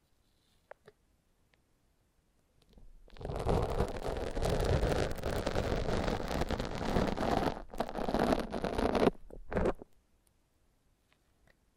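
Foam being massaged: a dense, crackling, rustling squish that rises around three seconds and runs steadily until nearly ten seconds, with brief dips near seven and a half and nine seconds. Before and after, it is mostly quiet, with a couple of small ticks early on.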